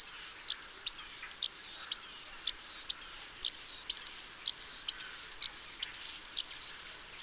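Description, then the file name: Great tit calling in a fast, steady rhythm: a sharp falling note, a thin high whistle and a gliding downslur, the phrase repeating about once a second throughout. "Parus major"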